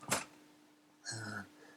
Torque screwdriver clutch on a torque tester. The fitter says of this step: Go back to 1.2 Newton meters. You can hear it click.